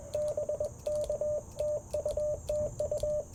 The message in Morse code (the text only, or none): BK TU TU